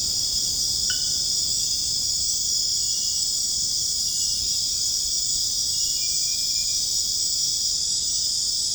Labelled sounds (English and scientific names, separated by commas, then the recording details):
none
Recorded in dense forest near Puerto Asís, Putumayo, Colombia, on 29 June 2025 at 22:30
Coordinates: 0.481, -76.323
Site G072